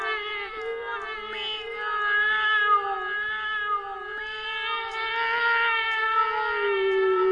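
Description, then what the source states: Cat meows, several long drawn-out wailing cries overlapping, with steady harmonic tones shifting slightly in pitch throughout. Hungry cats, more than one.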